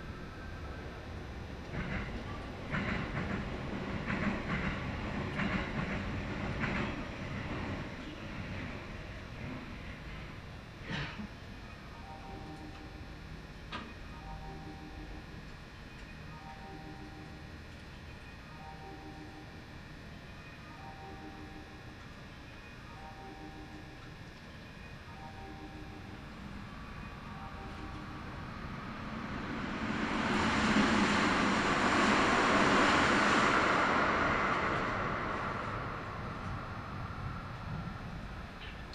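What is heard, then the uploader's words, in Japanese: Recorded aboard a local commuter train, with a steady low rumble and a faint motor whine under rhythmic wheel clunks in the first ten seconds, and sharp clicks near 11 and 14 seconds. Around 30 seconds a loud rushing roar swells and fades as another train passes. 近鉄名古屋線 普通 近鉄名古屋→蟹江。通学時間帯なので最初は混んでいますが、最寄りの学校駅で降りると一気に静かになり、途中駅で特急や急行にバンバン抜かれます。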